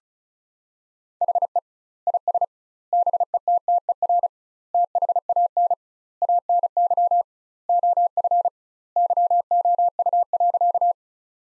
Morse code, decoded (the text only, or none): HE IS BETTER THAN ANY OF YOU.